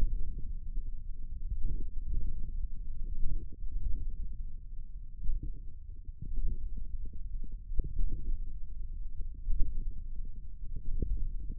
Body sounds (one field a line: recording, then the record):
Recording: forearm muscle sounds (acoustic myography)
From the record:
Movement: index flexion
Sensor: system 1, eight BSWA MPA416 microphones around the upper forearm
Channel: 5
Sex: male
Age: 41 years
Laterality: right